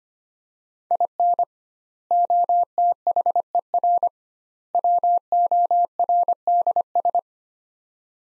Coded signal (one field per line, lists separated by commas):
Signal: Morse code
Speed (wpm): 25 wpm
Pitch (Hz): 700 Hz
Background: none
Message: IN OTHER WORDS